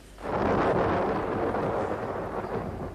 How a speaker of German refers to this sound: Ein Gewitter. Schnell, kommen Sie zum Fenster.